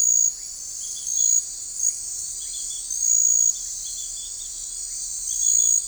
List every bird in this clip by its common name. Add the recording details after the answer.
none. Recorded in forest near Pivijay, Magdalena, Colombia, on 1 June 2023 at 02:30. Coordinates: 10.467, -74.380. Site Z5-G034